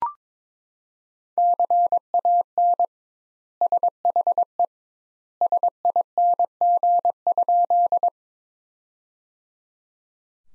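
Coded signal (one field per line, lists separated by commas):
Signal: Morse code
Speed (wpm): 22 wpm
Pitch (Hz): 700 Hz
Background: none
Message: CAN SHE SING?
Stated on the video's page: Morse practice at 22 wpm: sentences from the top 400 words sent with 2x standard word spacing, a word-based Farnsworth-like method.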